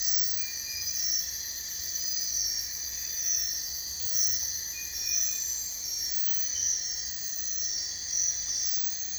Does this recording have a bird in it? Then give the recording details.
no. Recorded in dense forest near Puerto Asís, Putumayo, Colombia, on 22 June 2025 at 03:00. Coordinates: 0.468, -76.322. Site GP03